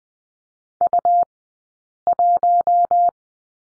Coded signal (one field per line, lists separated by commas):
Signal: Morse code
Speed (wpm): 20 wpm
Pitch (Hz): 700 Hz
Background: none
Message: U1